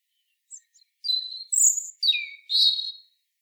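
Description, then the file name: European robin singing a short, varied phrase of high, thin notes that slide downward, ending in a brighter warbled flourish. "Erithacus rubecula"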